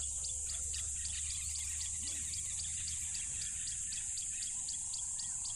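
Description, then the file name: Crickets sing a continuous high trill over rapid repeated ticking pulses, with a low rumble and a few faint calls underneath. Loud crickets at a tropical river. "smartsound ATMO NATURE Tropical River Loud Crickets"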